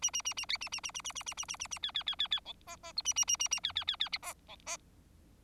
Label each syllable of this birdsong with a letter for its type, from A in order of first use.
A A A A A A A A A A A A A A A B B B B B C D D E A A A A A B B B B D C D